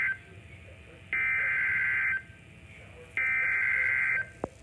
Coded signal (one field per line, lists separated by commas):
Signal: Emergency Alert System (SAME) tones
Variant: header bursts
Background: speech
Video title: EAS #1,658-1,660 (TRIPLE-HEADER) NOAA Weather Radio (WR-400/WR-300) SVR’s #7-9 8/18/24 5:47 PM